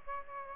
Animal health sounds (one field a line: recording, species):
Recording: mosquito wingbeat signal from an infrared sensor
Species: Aedes aegypti